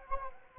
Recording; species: mosquito wingbeat signal from an infrared sensor; Anopheles arabiensis